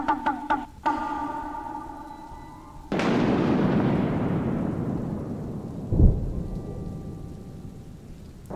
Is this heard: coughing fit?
no